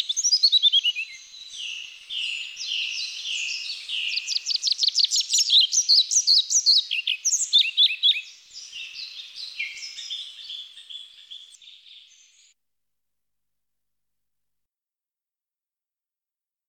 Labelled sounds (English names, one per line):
European Pied Flycatcher song